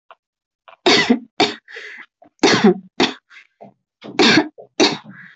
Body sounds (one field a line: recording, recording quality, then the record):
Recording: shallow voluntary cough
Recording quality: excellent, no background noise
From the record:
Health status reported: recovered from COVID-19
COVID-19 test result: negative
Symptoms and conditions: breathing difficulty, hypertension, ischaemic heart disease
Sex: female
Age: 53 years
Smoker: not ticked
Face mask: worn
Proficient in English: yes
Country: India